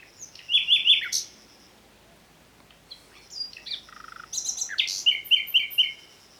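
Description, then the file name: Common nightingale song: quick repeated chirps, a pause, then a varied phrase with a brief rattle and rapid repeated sharp notes. "Luscinia megarhynchos"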